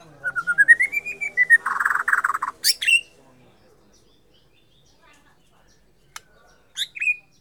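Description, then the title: White-rumped shama phrase rising in whistled steps into a harsh buzzy burst, a sharp high note, then near silence and two brief high calls. Borneo form. "MURAI BORNEO"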